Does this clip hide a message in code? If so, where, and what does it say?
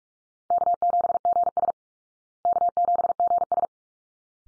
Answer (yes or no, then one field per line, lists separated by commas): yes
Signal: Morse code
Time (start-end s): 0.5-3.7 s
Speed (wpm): 44 wpm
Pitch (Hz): 700 Hz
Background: none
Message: K7GS K7GS